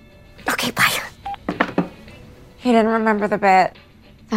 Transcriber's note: soundbite of telephone beeping